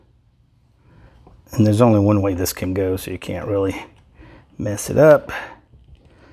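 On a Honda Recon TRX-250 ATV, the plastic tail light wiring connector is being handled to reconnect it to the harness power connector during a rear brake light replacement. Someone talks, and faint handling sounds are heard. The clip ends before the connector is pushed home, so nothing has seated or clicked yet.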